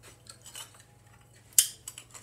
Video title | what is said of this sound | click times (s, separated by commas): Alfaman Garage - How to timing chain on 3.2 v6 GM engine for Alfa Romeo 159 Brera Spider Part.01 | if you come around here you can see that that locks in place there now | 1.6 s